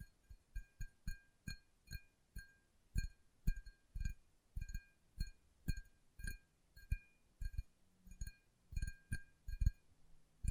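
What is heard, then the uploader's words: Fingertips tap in an uneven rhythm, two or three times a second, each soft thump leaving a brief, bright ringing tone behind. ASMR Tapping with Fingertips (No Talking).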